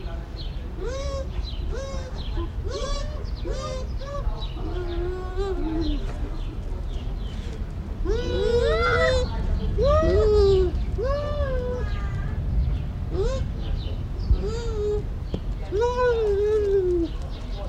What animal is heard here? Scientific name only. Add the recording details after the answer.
Speothos venaticus. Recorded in captivity. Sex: pair. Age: adult. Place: Zoo Berlin, Berlin, DE. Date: 1994-10-01 11:35. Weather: wolkig, z. T. etwas Regen, aufheiternd, 12°C. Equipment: Marantz CP 430, Sennheiser ME 80, Kopie Uher Variocord 263. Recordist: Tembrock, Günter